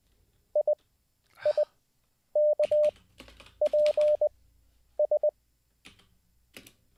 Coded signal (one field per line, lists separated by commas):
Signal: Morse code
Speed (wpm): 20 wpm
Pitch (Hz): 600 Hz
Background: none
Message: IIKPS